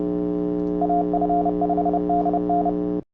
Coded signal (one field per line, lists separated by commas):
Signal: Morse code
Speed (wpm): 30 wpm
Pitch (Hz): 700 Hz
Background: none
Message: AF5DN